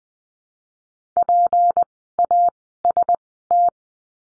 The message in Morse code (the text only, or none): PAST